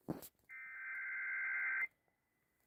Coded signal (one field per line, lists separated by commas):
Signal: Emergency Alert System (SAME) tones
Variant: header bursts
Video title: WHSQ REAWAKENS... EAS Tests from 11/6/24 (EAS #5,142 - 5,150)